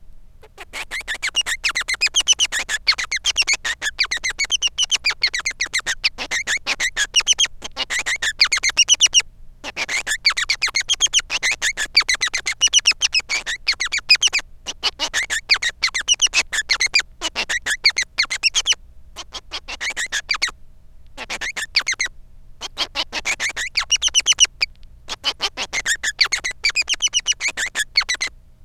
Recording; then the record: song of a male Bengalese finch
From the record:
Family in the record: son of father 3